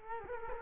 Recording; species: mosquito wingbeat signal from an infrared sensor; Culex quinquefasciatus